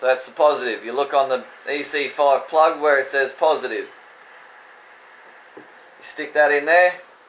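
A soldered gold bullet pin is handled at the positive side of a plastic EC5 plug housing, ready to be pushed in until it locks, while someone talks. Between bursts of speech there is only a faint steady hiss, with a small tap near 5.6 seconds. Nothing has seated or clicked yet.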